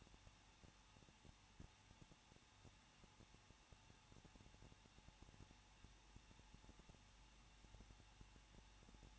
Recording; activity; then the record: daily activity, microphone in the room; no activity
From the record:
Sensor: 1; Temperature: 20.1 degrees Celsius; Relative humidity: 39.2%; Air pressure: 1006.3 hPa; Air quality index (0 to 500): 217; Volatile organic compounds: 76 ppm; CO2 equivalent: 3573 ppm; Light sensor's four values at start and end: 1/2/1/1 and 1/2/1/1